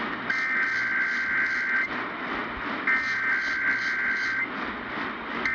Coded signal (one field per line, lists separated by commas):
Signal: Emergency Alert System (SAME) tones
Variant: header bursts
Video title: alerts I captured while my computer was in the ER - 6/3/24 - 6/18/24 (EAS #1107 - 1114)